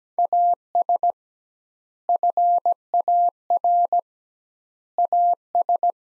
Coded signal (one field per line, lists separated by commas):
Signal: Morse code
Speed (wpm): 17 wpm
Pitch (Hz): 700 Hz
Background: none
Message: AS FAR AS